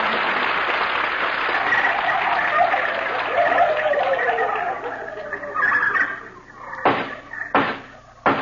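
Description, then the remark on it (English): A dense chorus of many turkeys gobbling at once, loud overlapping warbling calls that trail off, followed by three sharp, evenly spaced knocks; the turkeys act as the jury in a courtroom skit on The Jack Benny Program. “Turkeys of the jury, you've heard the evidence.”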